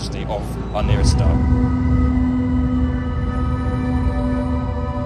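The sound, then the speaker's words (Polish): A high-quality recording of the Sun from an observatory that monitors it around the clock, played at an exhibition about the Sun in London: a deep, continuous rumbling drone with steady sustained humming tones layered over it, opening with a few brief warbling, rising sounds before settling into an even, loud roar. “Sprowadziliśmy więc bardzo wysokiej jakości nagrania Słońca z obserwatorium, które je monitoruje przez całą dobę.”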